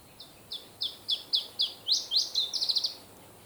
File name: iberischer zilpzalp